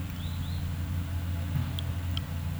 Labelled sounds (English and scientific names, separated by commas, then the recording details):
none
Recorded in pastures near Puerto Asís, Putumayo, Colombia, on 26 December 2024 at 08:30
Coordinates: 0.472, -76.329
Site G072